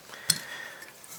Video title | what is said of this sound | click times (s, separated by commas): Century Arms BFT 556 AK 47 Rifle Review | there we go it's locked into place | 0.3 s